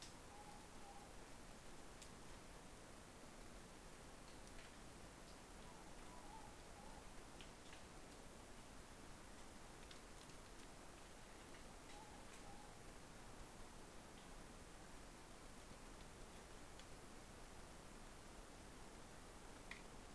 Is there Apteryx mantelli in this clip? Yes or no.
no